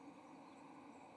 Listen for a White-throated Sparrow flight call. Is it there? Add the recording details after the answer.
no. No flight call is heard. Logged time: 11:23 on 30 October 2014